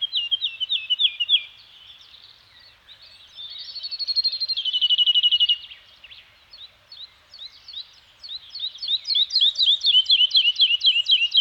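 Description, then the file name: Bird giving high, quick repeated notes, a loud buzzy trill in the middle, then a run of rapid repeated chirps to the end. Birds singing in a Scandinavian forest. "Nature Soundscape - Scandinavian Forest Environment with Birds Singing"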